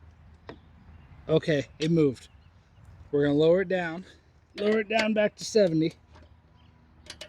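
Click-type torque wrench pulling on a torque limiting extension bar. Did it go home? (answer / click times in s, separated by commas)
no / none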